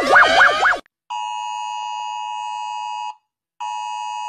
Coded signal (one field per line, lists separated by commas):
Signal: Emergency Alert System (SAME) tones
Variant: 853 and 960 Hz attention tone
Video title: EAS alarm part 2